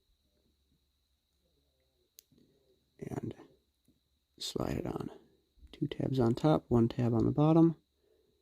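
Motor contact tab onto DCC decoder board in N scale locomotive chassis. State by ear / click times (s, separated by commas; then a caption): not seated / none. A metal motor contact tab is handled and slid onto the plastic tabs of a DCC decoder board in a Kato SD70ACe N scale locomotive chassis, two tabs on top and one on the bottom, while someone talks. A brief sharp tick is heard at 2.2 s, but nothing has seated or clicked into place yet.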